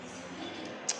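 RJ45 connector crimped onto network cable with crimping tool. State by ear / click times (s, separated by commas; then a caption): seated / 0.9 s. A crimping tool is squeezed onto a plastic RJ45 connector fitted on a network cable, pressed until it feels locked because this tool gives no click of its own. Over a steady low background, one short, sharp hit sounds at 0.9 s. The connector is then judged sufficiently locked and seated.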